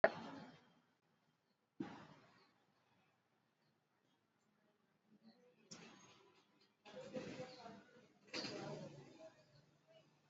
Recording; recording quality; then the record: deep breathing; poor, much background noise or distortion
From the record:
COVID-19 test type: RT-PCR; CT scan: not taken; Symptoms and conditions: cough, cold, fever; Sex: male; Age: 27 years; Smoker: no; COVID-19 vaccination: both doses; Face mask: worn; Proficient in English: yes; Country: India